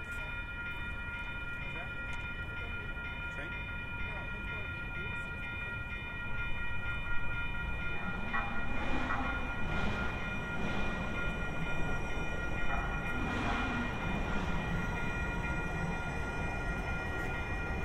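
A walk through the city, recorded binaurally, with a steady low rumble and a set of bright sustained tones running throughout, like a train or trolley idling. After about six seconds the noise swells, with rushing surges around eight to ten and again near thirteen to fourteen seconds.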